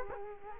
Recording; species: mosquito wingbeat signal from an infrared sensor; Culex quinquefasciatus